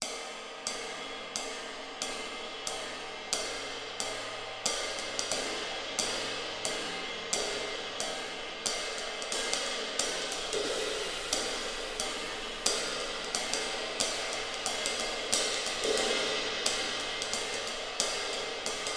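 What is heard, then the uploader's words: Cymbals struck in a steady, regular pattern, roughly every half second to second, each hit a bright splash that rings on and fades. The wash of shimmer builds and never fully decays, filling the whole 19 seconds with a dense, hissing sheen. Cymbals | Doug Yowell | Spark OH High Pass. Spark OH High Pass by Blue Microphones.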